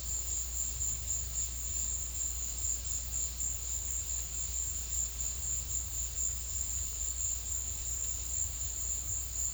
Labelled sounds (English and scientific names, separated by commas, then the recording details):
none
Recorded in secondary vegetation near Puerto Asís, Putumayo, Colombia, on 8 March 2025 at 16:30
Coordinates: 0.498, -76.327
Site G001